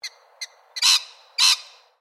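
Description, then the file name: Lorikeets calling: three short sharp notes followed by two longer, harsh screeches. Several lorikeets. "BIRD LORRIKEETS"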